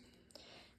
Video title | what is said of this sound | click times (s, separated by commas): How to fix sticky throttle on dirtbike | And in the end, it should all kind of just click in place. | 0.3 s, 0.4 s